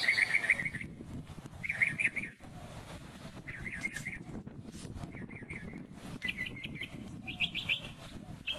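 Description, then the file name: Northern mockingbird song: short chattering phrases repeated in several bursts, over a steady low rumble of background noise. "Northern Mockingbird Sandtouch 2"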